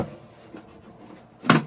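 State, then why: Seated. The metal leg-lock bar on the second side of a folding desk frame is pushed downward, with faint handling noise beforehand. At 1.5 s the folding leg mechanism snaps into its locked position with a sharp knock, seating the leg.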